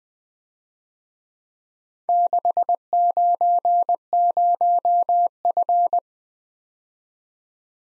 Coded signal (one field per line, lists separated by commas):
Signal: Morse code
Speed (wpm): 20 wpm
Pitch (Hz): 700 Hz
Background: none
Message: 690F